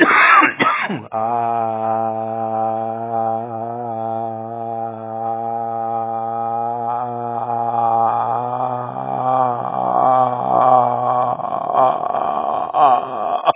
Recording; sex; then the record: sustained vowel /a/; male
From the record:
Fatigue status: fatigue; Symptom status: symptomatic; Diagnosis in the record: COVID-19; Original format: 3gp